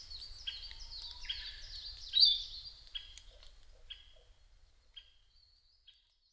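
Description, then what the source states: Narcissus flycatcher singing a burst of varied whistled and slurred notes that peaks midway, then thins to scattered short chirps and fades to quiet. Recorded 5 May 2008 at 07:22.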